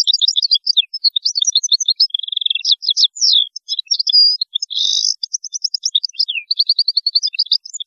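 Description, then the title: European goldfinch song, a continuous fast twitter of liquid tinkling notes, buzzy trills and rapid chirps running without pause throughout. "Chant Chardonneret"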